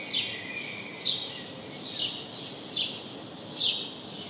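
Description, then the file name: House sparrow chirps, several short sweeping notes roughly a second apart, above a background hiss. "Passer domesticus"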